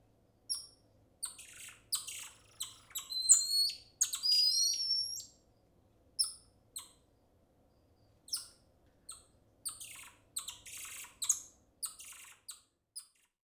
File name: Digiffects Sound Effects Library - Golden Lion Tamarin Monkey